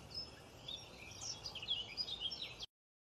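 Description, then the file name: White-headed buffalo weaver song: busy, high-pitched squeaky chirps and short twittering notes, tumbling quickly for under three seconds. "canto do tecelao de cabeca branca"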